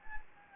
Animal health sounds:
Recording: mosquito wingbeat signal from an infrared sensor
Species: Anopheles gambiae

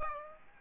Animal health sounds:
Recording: mosquito wingbeat signal from an infrared sensor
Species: Aedes aegypti

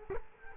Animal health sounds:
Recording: mosquito wingbeat signal from an infrared sensor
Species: Culex quinquefasciatus

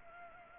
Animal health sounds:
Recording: mosquito wingbeat signal from an infrared sensor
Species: Culex pipiens

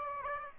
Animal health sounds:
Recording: mosquito wingbeat signal from an infrared sensor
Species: Aedes aegypti

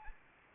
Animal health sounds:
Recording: mosquito wingbeat signal from an infrared sensor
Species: Anopheles arabiensis

